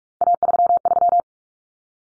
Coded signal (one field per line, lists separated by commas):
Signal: Morse code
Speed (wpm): 44 wpm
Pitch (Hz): 700 Hz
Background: none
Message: A33